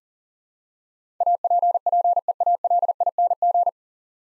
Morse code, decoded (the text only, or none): APPEALING